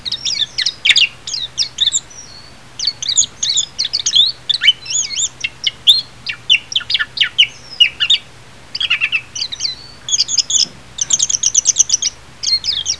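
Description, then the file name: Japanese white-eye song: a long, loud run of rapid high twittering and warbled chirps in dense bursts, with brief pauses between phrases. "mejiro"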